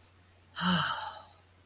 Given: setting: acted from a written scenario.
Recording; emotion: vocal sound without words; awe